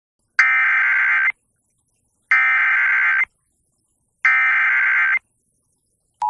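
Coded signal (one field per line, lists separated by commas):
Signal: Emergency Alert System (SAME) tones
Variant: header bursts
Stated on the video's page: Mock tornado alert, not a real broadcast.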